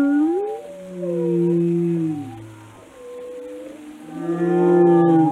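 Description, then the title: Whale calls, smooth rising and falling moans and whistles in overlapping layers, fading in the middle and swelling again at the end. "Whale Watching: A Close Encounter with the Giants of the Sea"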